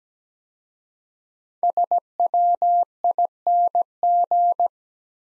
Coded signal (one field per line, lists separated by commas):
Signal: Morse code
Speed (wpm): 17 wpm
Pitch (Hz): 700 Hz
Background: none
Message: SWING